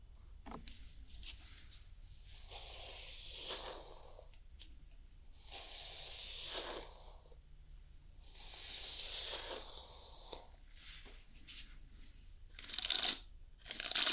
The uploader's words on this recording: Nothing fancy, just a relaxing night spent brushing my cat, Lenny.